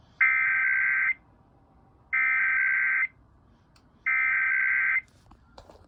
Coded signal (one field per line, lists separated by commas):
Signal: Emergency Alert System (SAME) tones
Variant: header bursts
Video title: EAS 3576-3579: KLOVE EAS Test + Relays